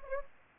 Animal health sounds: mosquito wingbeat signal from an infrared sensor; Anopheles gambiae

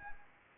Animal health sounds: mosquito wingbeat signal from an infrared sensor; Anopheles arabiensis

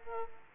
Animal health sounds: mosquito wingbeat signal from an infrared sensor; Culex quinquefasciatus

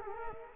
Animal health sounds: mosquito wingbeat signal from an infrared sensor; Culex quinquefasciatus

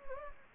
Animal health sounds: mosquito wingbeat signal from an infrared sensor; Anopheles gambiae

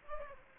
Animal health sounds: mosquito wingbeat signal from an infrared sensor; Aedes aegypti

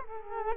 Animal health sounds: mosquito wingbeat signal from an infrared sensor; Culex quinquefasciatus

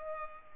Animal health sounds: mosquito wingbeat signal from an infrared sensor; Culex pipiens

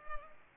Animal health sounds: mosquito wingbeat signal from an infrared sensor; Culex pipiens

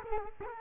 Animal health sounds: mosquito wingbeat signal from an infrared sensor; Culex quinquefasciatus

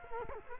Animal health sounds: mosquito wingbeat signal from an infrared sensor; Culex quinquefasciatus

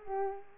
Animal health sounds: mosquito wingbeat signal from an infrared sensor; Culex pipiens

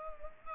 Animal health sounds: mosquito wingbeat signal from an infrared sensor; Culex pipiens

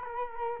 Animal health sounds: mosquito wingbeat signal from an infrared sensor; Culex quinquefasciatus

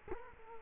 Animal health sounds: mosquito wingbeat signal from an infrared sensor; Culex quinquefasciatus

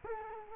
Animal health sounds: mosquito wingbeat signal from an infrared sensor; Culex quinquefasciatus

